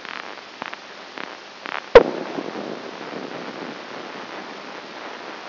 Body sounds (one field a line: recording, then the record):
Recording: brain microelectrode recording played as sound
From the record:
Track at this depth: inside the subthalamic nucleus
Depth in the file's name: 3.701 mm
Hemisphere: right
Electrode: 2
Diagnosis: Parkinson's disease